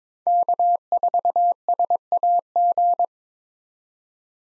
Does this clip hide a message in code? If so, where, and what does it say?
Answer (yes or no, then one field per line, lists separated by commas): yes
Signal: Morse code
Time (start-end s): 0.3-3.0 s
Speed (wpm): 21 wpm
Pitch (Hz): 700 Hz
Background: none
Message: K4SAG